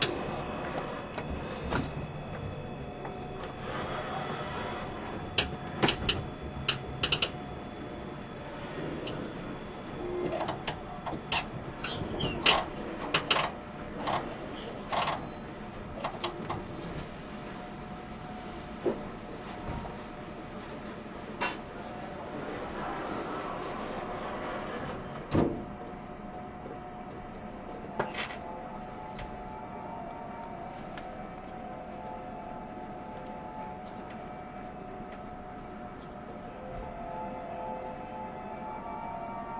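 Inside the E351 series Super Azusa limited express between Hachioji and Shinjuku, a steady low rumble of the train runs throughout. Sharp clacks and knocks come irregularly, clustered around the middle, and a faint whine persists toward the end.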